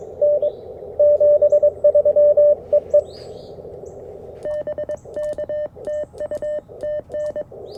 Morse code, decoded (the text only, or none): N 73 EE BK TU TN